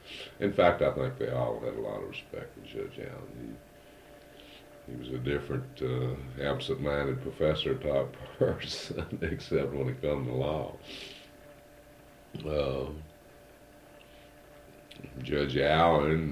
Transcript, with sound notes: In fact, I think they all had a lot of respect for Judge Allen. --He was a different, absent-minded professor type person, [chuckles] except when it come to law judge Allen